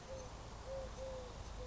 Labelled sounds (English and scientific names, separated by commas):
Eurasian Collared Dove (Streptopelia decaocto)